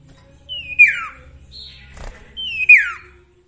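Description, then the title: Sooty-headed bulbul song: two loud, sweeping whistles falling from high to low, about two seconds apart, with a short higher note between them. Song with full variations, used for training songbirds (masteran). "Masteran Sirtu Full Variasi"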